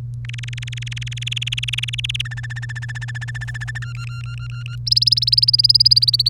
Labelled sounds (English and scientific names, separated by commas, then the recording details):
Domestic Canary (Serinus canaria) song
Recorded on 1 May 2018 at 07:17
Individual llb3